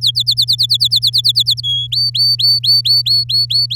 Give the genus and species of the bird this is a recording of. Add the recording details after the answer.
Serinus canaria. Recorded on 10 May 2018 at 11:50. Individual llb16